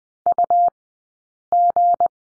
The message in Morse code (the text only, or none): UG